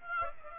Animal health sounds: mosquito wingbeat signal from an infrared sensor; Aedes aegypti

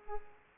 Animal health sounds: mosquito wingbeat signal from an infrared sensor; Culex pipiens

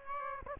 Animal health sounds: mosquito wingbeat signal from an infrared sensor; Aedes aegypti

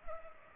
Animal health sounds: mosquito wingbeat signal from an infrared sensor; Culex pipiens

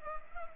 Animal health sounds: mosquito wingbeat signal from an infrared sensor; Culex pipiens

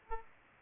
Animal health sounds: mosquito wingbeat signal from an infrared sensor; Aedes aegypti

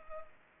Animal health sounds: mosquito wingbeat signal from an infrared sensor; Culex pipiens

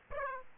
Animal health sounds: mosquito wingbeat signal from an infrared sensor; Aedes aegypti

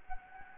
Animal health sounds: mosquito wingbeat signal from an infrared sensor; Anopheles gambiae

